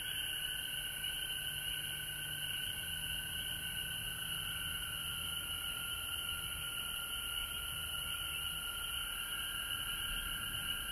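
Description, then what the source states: Frogs chorusing without pause, a layered high buzzing trill that stays steady across the whole stretch. Recorded at home in Georgia on March 19, 2020.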